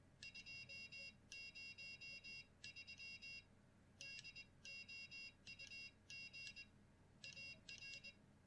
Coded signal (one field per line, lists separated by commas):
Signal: Morse code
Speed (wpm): 21 wpm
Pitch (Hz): 2750 Hz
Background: none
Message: 203 DOUG AR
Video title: CW Practice Software | Perfect CW!